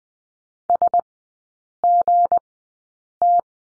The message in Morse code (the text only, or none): SGT